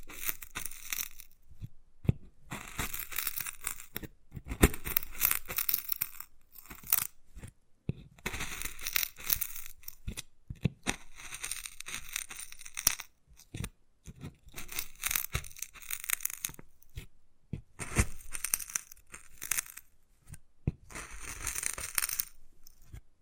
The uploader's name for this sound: Wood Carving, Tapping and Scratching Sounds